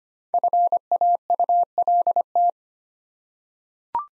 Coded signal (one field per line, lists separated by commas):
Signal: Morse code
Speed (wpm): 25 wpm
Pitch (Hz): 700 Hz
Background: none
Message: FAULT